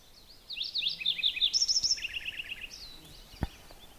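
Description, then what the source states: Lincoln's sparrow singing one rapid, bubbly song of high chirps and trills, changing pitch midway and ending in a lower trill, with a soft click afterward. Song, warbly, loud and powerful, multi-parted; morning walk on Cascade River Road in boreal lowland woods of black spruce and cedar; speaker had tried to record it for three years.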